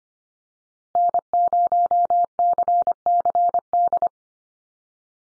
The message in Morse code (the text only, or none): N0CCD